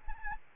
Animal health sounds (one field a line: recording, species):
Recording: mosquito wingbeat signal from an infrared sensor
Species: Aedes albopictus